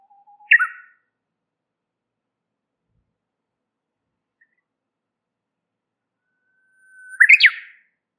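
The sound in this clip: Warbler uttering a brief chirp, a long silent gap, then a thin whistle running into a fast cluster of high twittering notes.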